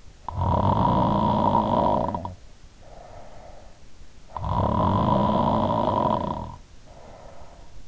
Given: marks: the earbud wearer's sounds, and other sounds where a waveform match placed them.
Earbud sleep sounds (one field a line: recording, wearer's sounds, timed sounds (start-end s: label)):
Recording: sounds in sleep by an in-ear microphone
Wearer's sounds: snoring breath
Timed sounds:
0.11-3.88 s: snoring breath
4.18-7.88 s: snoring breath